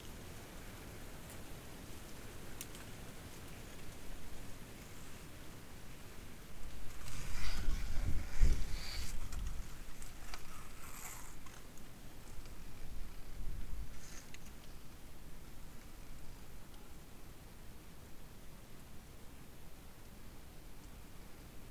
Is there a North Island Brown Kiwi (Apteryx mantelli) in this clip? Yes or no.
no